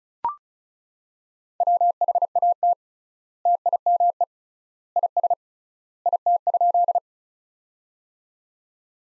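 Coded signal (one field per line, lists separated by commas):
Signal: Morse code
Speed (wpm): 36 wpm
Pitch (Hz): 700 Hz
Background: none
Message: WHAT TIME IS IT?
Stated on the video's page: Practice sentences built from the top 100 words, sent at 35 wpm with three times standard word spacing, a word-based analogue of Farnsworth spacing.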